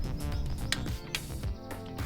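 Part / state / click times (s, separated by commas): click-type torque wrench on derby cover screw of motorcycle primary cover / torque reached / 0.7 s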